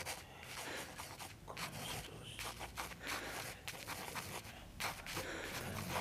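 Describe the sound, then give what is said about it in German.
Pencil scratching across paper in quick, uneven strokes, a dry scraping texture with short pauses between bursts, steady and moderately loud with no talking. “Hier hast du Papier und Bleistift. Schreib auf, was du hier willst.”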